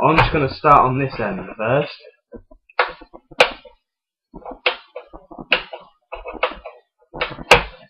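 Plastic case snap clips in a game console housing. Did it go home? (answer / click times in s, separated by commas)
released / 2.8 s, 3.4 s, 4.7 s, 5.5 s, 6.4 s, 7.5 s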